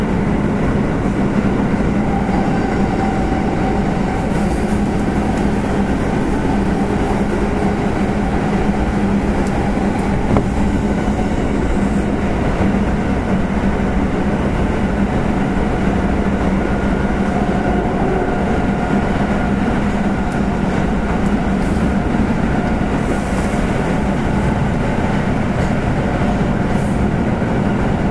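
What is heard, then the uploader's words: A Kintetsu 7000 series train runs steadily, a dense low rumble with a humming tone that holds throughout. Faint whining tones rise and fall above it, and brief brighter hisses and clatters break through around 4, 10 and 23 seconds. 近鉄7000系 地下鉄中央線 本町から長田まで. It is a running sound of a Kintetsu 7000 series train. I recorded on the Osaka city subway Chuo Line of a direct drive destination.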